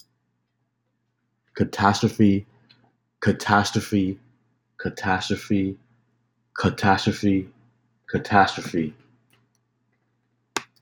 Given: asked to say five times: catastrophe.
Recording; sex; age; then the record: repeated word; male; 30 to 39 years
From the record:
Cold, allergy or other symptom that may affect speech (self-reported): no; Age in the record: 33 years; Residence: New York, United States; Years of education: 16